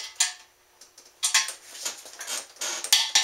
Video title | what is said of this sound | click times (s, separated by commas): Main Bearing Support Girdle 4 | now you hear that click that's a typical kind of torque wrencher flicker torque wrench but | 2.9 s